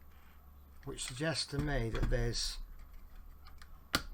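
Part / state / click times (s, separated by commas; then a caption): plastic model part onto the fire truck body pegs / seated / 3.9 s. Someone talks while a lopsided plastic part is pressed again onto the body pegs of an FDNY fire truck model during the stage covering the rear left stabilizer steps, storage and battery compartment. The part snaps fully into place with a single sharp click at 4.0 seconds, preceded by a few faint ticks, and it is now seated.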